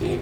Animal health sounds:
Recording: contact call of a hoofed animal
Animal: pig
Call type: closed-mouth grunt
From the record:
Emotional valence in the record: positive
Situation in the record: food and toys in familiar pen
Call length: 0.22 s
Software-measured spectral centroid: 1960 Hz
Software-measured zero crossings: 1120 a second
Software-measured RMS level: -25 dBFS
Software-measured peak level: -15 dBFS

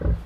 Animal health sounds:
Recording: contact call of a hoofed animal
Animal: wild boar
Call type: grunt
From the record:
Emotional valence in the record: positive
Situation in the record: food anticipation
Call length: 0.27 s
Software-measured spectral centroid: 930 Hz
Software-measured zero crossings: 530 a second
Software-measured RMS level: -23 dBFS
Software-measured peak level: -13 dBFS

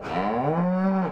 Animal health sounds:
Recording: contact call of a hoofed animal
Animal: cattle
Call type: low-frequency (closed-mouth) or high-frequency (open-mouth) call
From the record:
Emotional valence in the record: negative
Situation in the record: full separation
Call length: 1.12 s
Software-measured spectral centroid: 1000 Hz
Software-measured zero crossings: 1120 a second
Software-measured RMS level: -24 dBFS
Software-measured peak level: -10 dBFS

